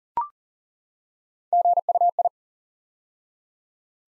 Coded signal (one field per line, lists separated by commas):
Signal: Morse code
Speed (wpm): 41 wpm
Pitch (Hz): 700 Hz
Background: none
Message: GUI